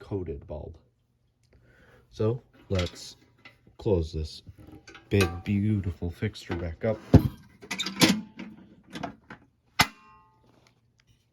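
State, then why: Seated. Someone talks while closing the large metal housing of a Line Materials Unistyle LM-400 streetlight fixture, with a few lighter knocks between about 7.7 and 9.3 s as it swings shut. The latch on the housing then snaps closed with a loud, sharp click at 9.8 s, and the fixture is latched shut.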